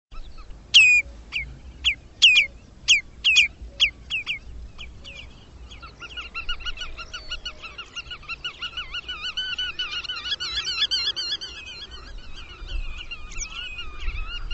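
Bird calls: a run of sharp, high down-slurred notes, then a long, dense stretch of chattering, twittering calls.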